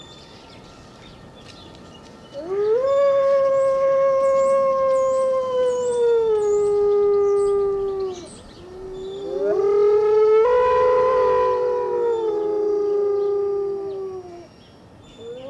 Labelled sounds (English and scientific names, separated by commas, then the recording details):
Gray Wolf (Canis lupus) howling
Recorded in captivity
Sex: group
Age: adult
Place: Zoo Berlin, Berlin, DE
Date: 1988-11-12 10:12
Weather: bedeckt, 8-12°C
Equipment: Sony WM-D6C, Kopie 19 cm
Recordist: Tembrock, Günter